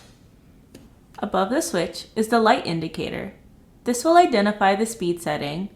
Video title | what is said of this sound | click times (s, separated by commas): KFS 30 Avvitatore a batteria HEX per inserti filettati | snap into place | 0.8 s